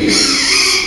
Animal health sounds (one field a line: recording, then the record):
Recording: squeal of a Yucatan mini pig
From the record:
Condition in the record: after surgery on the right vocal fold (resection and tissue-engineered implant)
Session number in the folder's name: 2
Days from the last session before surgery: 13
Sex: male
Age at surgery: 12 weeks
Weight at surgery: 13 kg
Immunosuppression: cyclosporine, prednisolone